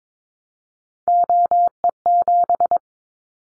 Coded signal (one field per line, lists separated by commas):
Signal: Morse code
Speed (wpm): 22 wpm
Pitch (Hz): 700 Hz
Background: none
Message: OE7